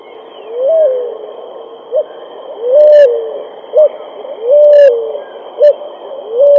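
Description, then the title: Pigeon cooing: drawn-out, slightly rising-then-falling coos alternating with short clipped notes, about one phrase every two seconds, over a steady high electronic whine. "Canto Da Pomba"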